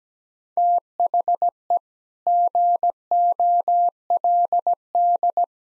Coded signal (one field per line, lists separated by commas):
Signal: Morse code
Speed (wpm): 17 wpm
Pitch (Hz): 700 Hz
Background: none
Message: THE GOLD